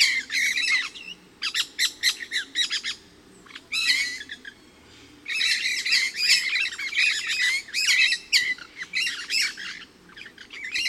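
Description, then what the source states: Pyrrhura parakeets uttering rasping, chattering squawks in quick sequences, several birds overlapping in loud outbursts separated by short lulls. Resident flock of about 8 birds moving high in trees, about 30 m away and 20-25 m up, within the station clearing, around 12:20 p.m., partly cloudy, hot (upper 80s, thermometer about 92).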